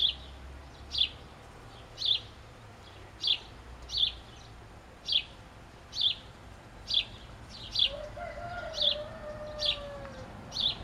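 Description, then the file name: House sparrow giving sharp chirps at a steady pace, with a faint wavering tone in the background near the end. "Passer domesticus"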